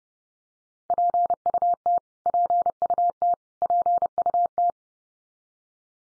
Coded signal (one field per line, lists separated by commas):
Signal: Morse code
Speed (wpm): 30 wpm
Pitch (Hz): 700 Hz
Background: none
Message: PUT PUT PUT